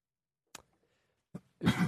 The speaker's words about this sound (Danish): Du hostede lige igen der. Jamen altså, jeg har det noget med hoste, det har jeg.